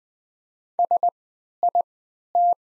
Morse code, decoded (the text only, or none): SIT